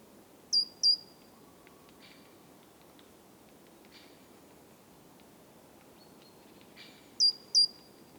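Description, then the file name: Great tit repeating a pair of high, thin notes at the start and again about six and a half seconds later, with faint ticking sounds between. "Parus major"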